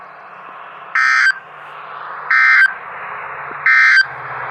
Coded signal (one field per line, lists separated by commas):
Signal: Emergency Alert System (SAME) tones